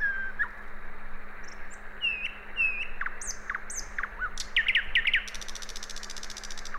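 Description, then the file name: Common nightingale delivering varied whistled slurs and clicks, then a fast rattling trill, with a steady low hum in the background. "Luscinia megarhynchos"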